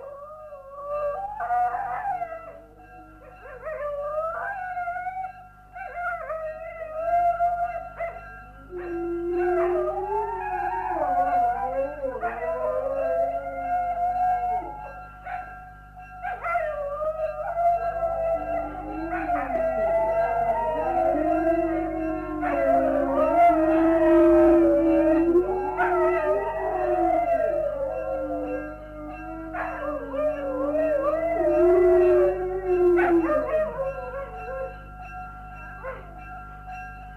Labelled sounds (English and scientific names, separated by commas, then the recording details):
Gray Wolf (Canis lupus) howling
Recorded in captivity
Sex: group
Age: adult
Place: Zoo Halle, Sachsen-Anhalt, DE
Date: 1957-03-04
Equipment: BG 19/2, RFT-Super 5 E 63, Kondensatormikrofon mit MVT 4050
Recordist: Heydecke, Rolf
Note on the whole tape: Gruppe mit 4 Tieren: Chorheulen ausgelöst durch Betriebsglocke